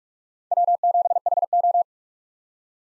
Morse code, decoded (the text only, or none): W7HO